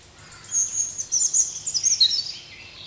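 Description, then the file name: European robin song: a fast, shimmering stream of very high, thin notes and twitters flowing together, fading out after about two seconds. "Erithacus rubecula"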